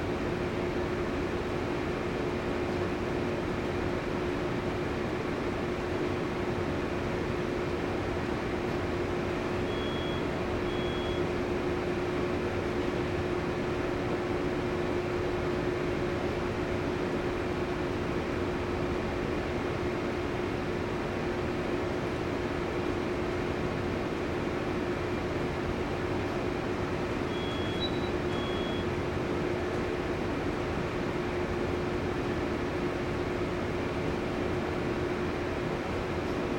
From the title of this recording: Cargo Ship Control Room Noise